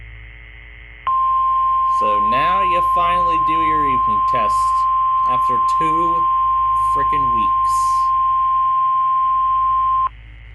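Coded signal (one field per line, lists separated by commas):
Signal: Emergency Alert System (SAME) tones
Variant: 1050 Hz attention tone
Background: speech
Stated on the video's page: Weekly test alert tones heard on a live stream.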